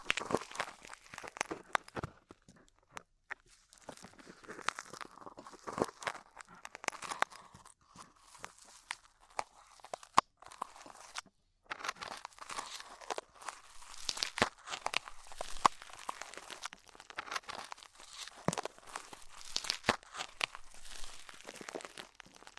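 Ear cleaning with rhinestone and clay removal: dense, crackly crinkling and tearing textures run almost without pause, with sharp clicks and snaps every second or so. A brief silence falls near ten seconds before the busy scratching resumes.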